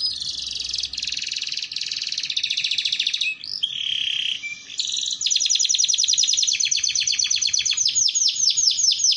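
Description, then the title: Canary song with dense rapid rattling trills, a short steady whistled note midway, then a long series of quick clipped repeated notes. Belgian canary song used to warm up canaries and train them, including young birds learning sounds. "Canto Para Esquentar Canário Belga. Terapi Pancingan Suara Kenari Gacor || Masteran Kenari Paud Belajar Bunyi"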